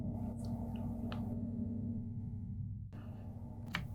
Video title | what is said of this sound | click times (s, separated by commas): How To Install a M.2 SSD | until you hear that click and then all you have to do is go down | 3.8 s